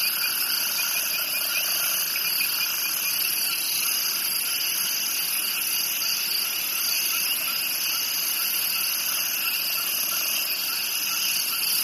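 Crickets chirping in a dense, steady chorus of high, shimmering trills that runs without a break, layered in several pitch bands.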